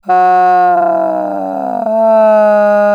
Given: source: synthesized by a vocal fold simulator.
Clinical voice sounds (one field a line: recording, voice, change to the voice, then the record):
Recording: sustained vowel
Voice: female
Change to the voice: asymmetry, level 24 of 51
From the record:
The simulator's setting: 3.30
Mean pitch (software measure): 186 Hz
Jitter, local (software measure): 0.96%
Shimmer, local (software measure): 3.2%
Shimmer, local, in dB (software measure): 0.54 dB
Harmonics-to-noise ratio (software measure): 23.3 dB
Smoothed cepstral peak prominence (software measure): 15.1 dB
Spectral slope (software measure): -24.2 dB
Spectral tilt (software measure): -12.2 dB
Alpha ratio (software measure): -14.6 dB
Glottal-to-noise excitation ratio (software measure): 0.952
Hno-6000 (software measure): 2.5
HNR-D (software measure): 30.0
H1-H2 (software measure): -0.7 dB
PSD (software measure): 1.9e-03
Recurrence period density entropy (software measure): 0.114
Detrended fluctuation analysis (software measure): 0.0255